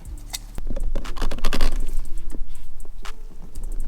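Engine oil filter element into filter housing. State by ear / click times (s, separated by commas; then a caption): not seated / none. An engine oil filter element, with a new O-ring fitted in its groove, is handled and pushed toward its plastic filter housing, producing scratchy rubbing and short sharp taps, with the loudest cluster around 1.2–1.6 s. The filter has not snapped or seated in the housing yet; it must snap in to be properly installed.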